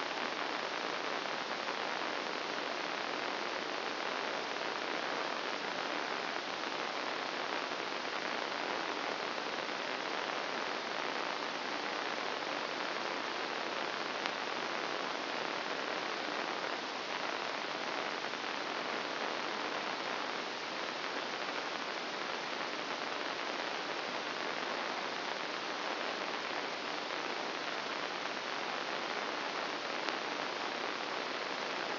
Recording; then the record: brain microelectrode recording played as sound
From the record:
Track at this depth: inside the subthalamic nucleus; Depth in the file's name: 0.409 mm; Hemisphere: right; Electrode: 2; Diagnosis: Parkinson's disease